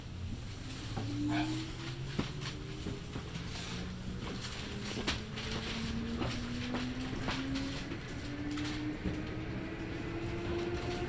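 Inside a local train on a rail line, a steady low rumble and a slowly rising motor whine build as it accelerates, with clicking rail joints throughout.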